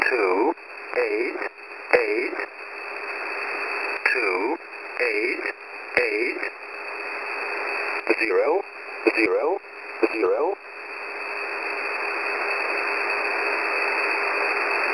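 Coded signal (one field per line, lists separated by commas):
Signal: numbers station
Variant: E07 English Man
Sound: male voice reading short evenly spaced words over shortwave hiss, then hiss alone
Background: radio static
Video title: E07 English Man 12/08/2023 1410/1430 UTC 13519/14819kHz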